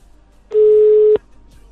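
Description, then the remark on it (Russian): A single steady ringback tone from an outgoing phone call, one flat mid-pitched beep lasting about two-thirds of a second, loud against a faint background hum, with no talking. “Звоню кликам.”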